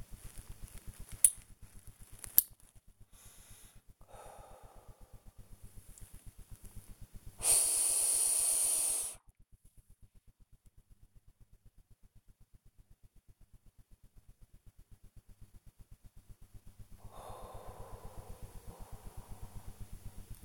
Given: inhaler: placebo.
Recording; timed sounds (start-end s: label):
one use of a dry powder inhaler by a smartwatch
0.39-2.77 s: inhaler activation
3.99-5.80 s: exhalation
7.32-9.34 s: inhalation
16.92-20.36 s: exhalation